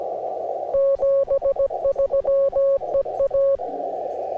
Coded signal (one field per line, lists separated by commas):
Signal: Morse code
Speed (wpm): 16 wpm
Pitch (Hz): 550 Hz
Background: radio noise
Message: 73 EA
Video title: MORSE CODE: AN AUDITORY JOURNEY #cw #morsecode